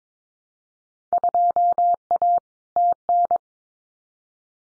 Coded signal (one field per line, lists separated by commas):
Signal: Morse code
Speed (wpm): 22 wpm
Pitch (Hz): 700 Hz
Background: none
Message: 2A TN